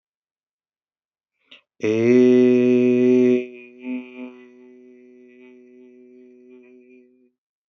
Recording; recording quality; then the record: sustained vowel as in made; excellent, no background noise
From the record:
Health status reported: healthy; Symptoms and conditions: none ticked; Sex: male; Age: 23 years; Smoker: not ticked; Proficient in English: yes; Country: India